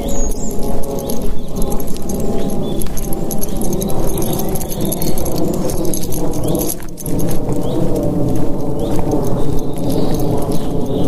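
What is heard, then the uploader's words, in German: A walk in the forest, with a dense, steady crunching and rustling underfoot that carries on from start to finish. The sound sits mostly low and full, with a brief lull just before the seventh second before the shuffling patter resumes. Abends mit dem Hund raus. Ein Spaziergang im Wald zum ersten Mal aufgenommen mit dem Shure MV88.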